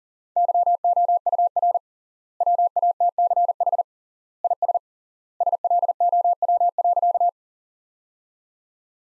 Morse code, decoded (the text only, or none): YOUR WATCH IS SLOW.